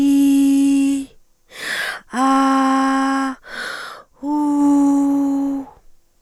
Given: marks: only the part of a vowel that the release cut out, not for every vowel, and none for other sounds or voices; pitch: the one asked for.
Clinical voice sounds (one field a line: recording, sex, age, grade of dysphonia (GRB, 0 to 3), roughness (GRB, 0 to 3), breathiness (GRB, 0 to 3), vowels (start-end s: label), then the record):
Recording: sustained vowels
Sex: female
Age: 30 to 39 years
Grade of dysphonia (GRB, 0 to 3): 2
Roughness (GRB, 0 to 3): 1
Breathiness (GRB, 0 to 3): 2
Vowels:
0.00-0.91 s: vowel /i/, normal pitch
2.24-3.24 s: vowel /a/, normal pitch
4.34-5.47 s: vowel /u/, normal pitch
From the record:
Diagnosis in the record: dysarthrophonia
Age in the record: 39 years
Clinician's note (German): Posttraumatisch, Trachealstenose